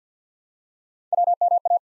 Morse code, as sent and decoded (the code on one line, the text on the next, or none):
.-- -- .-
WMA